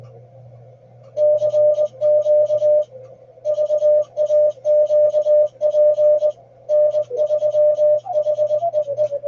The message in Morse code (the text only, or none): CQ VAQP N3HEE